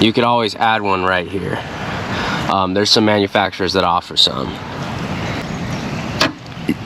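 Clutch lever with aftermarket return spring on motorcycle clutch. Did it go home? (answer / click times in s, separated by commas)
yes / 6.2 s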